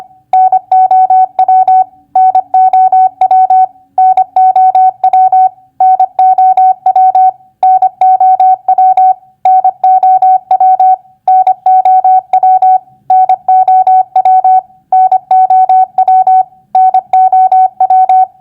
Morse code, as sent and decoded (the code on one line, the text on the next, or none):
-. --- .-- / -. --- .-- / -. --- .-- / -. --- .-- / -. --- .-- / -. --- .-- / -. --- .-- / -. --- .-- / -. --- .-- / -. --- .--
NOW NOW NOW NOW NOW NOW NOW NOW NOW NOW